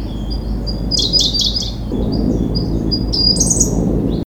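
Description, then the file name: Siberian blue robin giving sharp, high ticking calls in a short burst, then a higher bright trill-like phrase near the end, over a steady low background rumble. "koruri"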